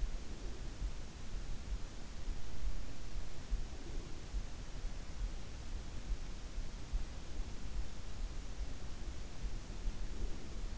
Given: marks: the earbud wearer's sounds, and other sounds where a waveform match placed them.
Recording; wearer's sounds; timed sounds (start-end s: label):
sounds in sleep by an in-ear microphone; breath
0.00-1.12 s: breath
3.31-4.34 s: breath
9.60-10.78 s: breath